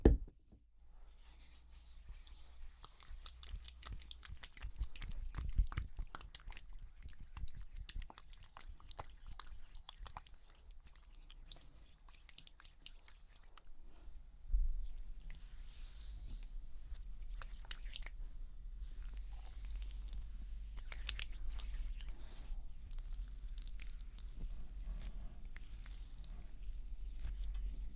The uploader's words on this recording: ASMR Makeup Cleansing with Personal Attention(No Talking).